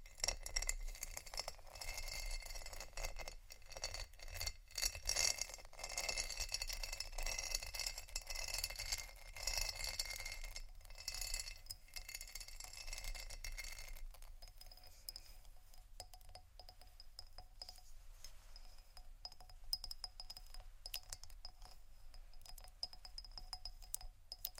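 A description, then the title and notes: Busy tapping and rattling on plastic and glass fills the first fourteen seconds, with quick clinks and scratchy textures over a low rumble. After that the handling thins out into sparser, lighter taps with bright ringing tones, over a soft steady hiss. Plastic, glass, rattle, tapping, scratching, waves.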